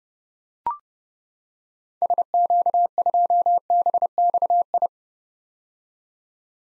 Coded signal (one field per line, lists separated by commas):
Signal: Morse code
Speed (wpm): 30 wpm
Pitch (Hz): 700 Hz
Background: none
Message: SQ2BXI